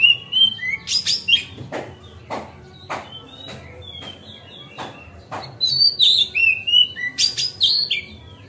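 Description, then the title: Oriental magpie-robin singing sharp high phrases, then a run of evenly spaced dry clicks, then a busy closing stretch of warbled, twisting whistles. Song tutoring (masteran), made on a terrace. "Kacer Masteran Teras"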